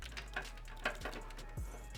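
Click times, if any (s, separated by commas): 0.9 s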